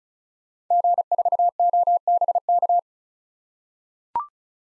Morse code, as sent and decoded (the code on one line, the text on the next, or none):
--. ....- --- -... -.-
G4OBK